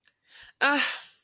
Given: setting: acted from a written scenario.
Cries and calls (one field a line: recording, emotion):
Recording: vocal sound without words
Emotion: contempt